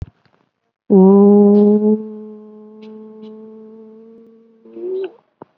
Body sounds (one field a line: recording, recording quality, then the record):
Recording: sustained vowel as in boot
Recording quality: excellent, no background noise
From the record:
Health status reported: COVID-19 positive, mild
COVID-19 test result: positive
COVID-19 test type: RT-PCR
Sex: female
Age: 74 years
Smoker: no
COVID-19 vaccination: both doses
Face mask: not worn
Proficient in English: no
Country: India